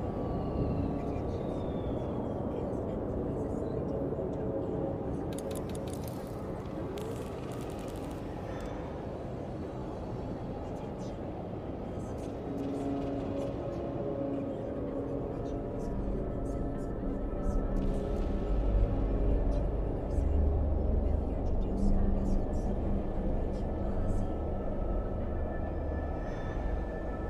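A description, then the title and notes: A futuristic city ambience: a thick, steady rumble of traffic and murmuring voices with a thin held tone floating above. Bright crackling bursts flare around 5–8 seconds and again mid-clip, and a deeper low roar swells from about 17 to 21 seconds. Futuristic city ambience.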